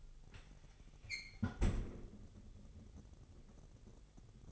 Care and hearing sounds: daily activity, microphone in the room; close fridge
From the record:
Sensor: 4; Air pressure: 989.2 hPa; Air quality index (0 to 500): 223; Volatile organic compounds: 80 ppm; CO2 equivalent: 3607 ppm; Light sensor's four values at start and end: 26/91/33/35 and 26/92/34/36

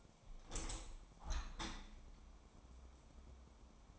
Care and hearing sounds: daily activity, microphone in the room; open window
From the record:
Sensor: 1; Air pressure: 1000.5 hPa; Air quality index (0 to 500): 182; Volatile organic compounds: 4 ppm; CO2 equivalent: 1677 ppm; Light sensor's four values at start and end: 10/25/10/12 and 11/26/10/12

